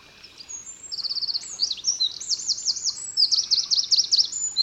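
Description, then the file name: Eurasian wren song, a vigorous high-pitched stream of trills and repeated sharp zigzag notes, loud and continuous over several seconds. "Troglodytes troglodytes"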